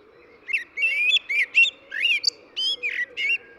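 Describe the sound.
Eurasian blackbird singing a run of short warbled and squeaky high notes with brief pauses between them, over a low steady hum.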